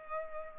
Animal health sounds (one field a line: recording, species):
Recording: mosquito wingbeat signal from an infrared sensor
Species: Culex pipiens